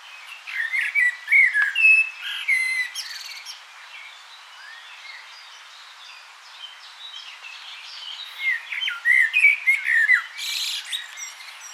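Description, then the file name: Common blackbird singing two mellow warbled phrases with squeaky high flourishes, separated by a quiet pause of several seconds; faint background twittering. "Turdus merula"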